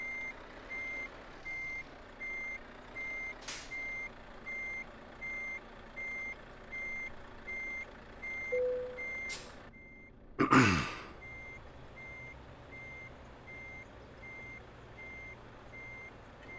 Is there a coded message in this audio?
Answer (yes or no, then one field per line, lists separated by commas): no